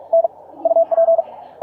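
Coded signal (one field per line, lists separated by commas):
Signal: Morse code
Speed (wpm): 48 wpm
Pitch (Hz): 660 Hz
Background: none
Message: N UP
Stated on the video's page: Fast QRQ CW recorded on a scheduled contact between two operators.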